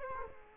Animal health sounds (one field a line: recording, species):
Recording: mosquito wingbeat signal from an infrared sensor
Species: Culex quinquefasciatus